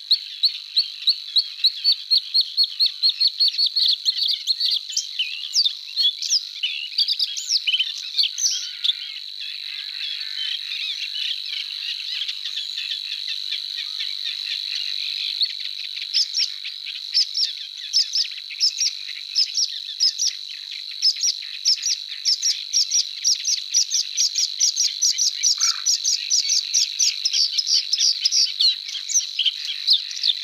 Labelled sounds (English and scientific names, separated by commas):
Bluethroat (Luscinia svecica) song